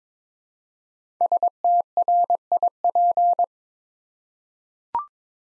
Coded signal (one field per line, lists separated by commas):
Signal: Morse code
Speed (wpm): 22 wpm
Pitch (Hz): 700 Hz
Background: none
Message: STRIP